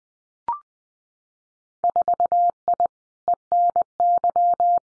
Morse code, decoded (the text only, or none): 4I ENY